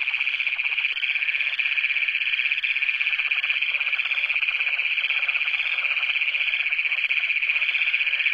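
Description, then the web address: Great Plains toad trilling: a long, loud, unbroken metallic buzz of rapid pulses holding a steady high pitch throughout. North America. "Songs of Frogs Toads of North America. Great Plains Toad"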